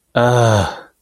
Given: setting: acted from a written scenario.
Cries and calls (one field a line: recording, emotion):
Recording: vocal sound without words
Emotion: embarrassment